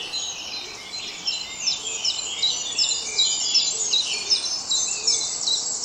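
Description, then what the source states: Birds singing together in a busy chorus of high chirps and short trills, overlapping throughout, with faint lower notes and steady hiss beneath. Dawn chorus at dawn.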